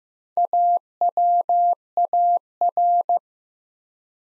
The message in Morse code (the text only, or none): AWAR